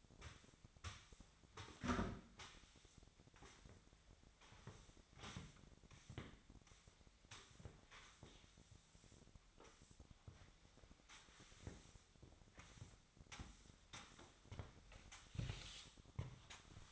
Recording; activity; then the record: daily activity, microphone in the room; sweep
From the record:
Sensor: 3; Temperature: 25.7 degrees Celsius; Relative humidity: 37.5%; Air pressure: 1006.9 hPa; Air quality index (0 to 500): 204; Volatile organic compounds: 18 ppm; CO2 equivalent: 2612 ppm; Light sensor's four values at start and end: 11/25/10/10 and 11/26/11/11